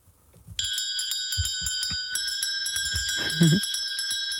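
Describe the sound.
The bright metallic bell of an ice cream man's white van, rung when it stops in a neighbourhood, rings steadily, sustaining a shimmering high tone with fast tinkling repeats, while low voices murmur briefly underneath.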